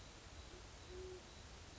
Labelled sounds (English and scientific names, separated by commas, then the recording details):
Band-tailed Pigeon (Patagioenas fasciata)
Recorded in Sonoma County, California